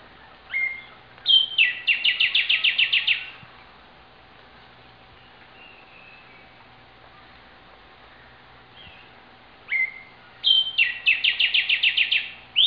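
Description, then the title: Bird singing two phrases several seconds apart, each a few whistled notes leading into a fast run of repeated buzzy notes. "LuckyPassaro Completos2Sama"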